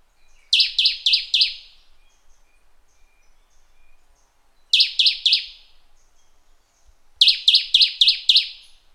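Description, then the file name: Bird delivering three bursts of four or five rapid, high, downward-sweeping chirps, separated by pauses of a few seconds. "SABIOD 50 bird 2015"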